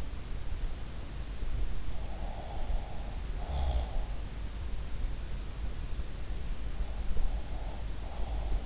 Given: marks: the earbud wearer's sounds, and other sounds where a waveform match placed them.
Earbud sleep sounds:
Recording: sounds in sleep by an in-ear microphone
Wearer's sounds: snoring breath, breath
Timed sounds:
2.04-3.93 s: snoring breath
6.72-8.66 s: breath

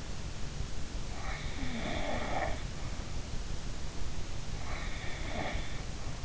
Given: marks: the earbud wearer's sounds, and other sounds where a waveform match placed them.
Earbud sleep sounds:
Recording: sounds in sleep by an in-ear microphone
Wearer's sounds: snoring breath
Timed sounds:
1.43-2.59 s: snoring breath
4.92-5.76 s: snoring breath

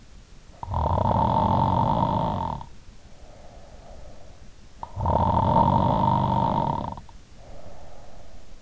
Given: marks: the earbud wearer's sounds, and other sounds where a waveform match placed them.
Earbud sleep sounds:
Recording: sounds in sleep by an in-ear microphone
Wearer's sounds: snoring breath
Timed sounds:
0.40-8.62 s: snoring breath

